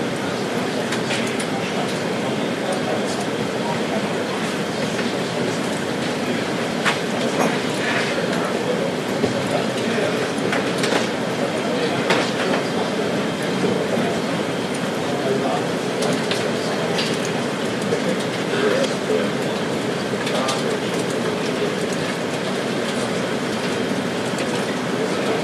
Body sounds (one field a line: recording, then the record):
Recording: background sound without coughing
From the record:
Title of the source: Office Sounds Ambience - Background Noise for Study and Work